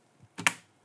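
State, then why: Seated. A DDR4 memory module, lined up with the notch in a motherboard DIMM slot with the latches open, is pressed firmly on both ends. A brief rustle builds from about 0.38 s into a sharp, bright snap at 0.5 s that fades quickly, and the module snaps into place, seated.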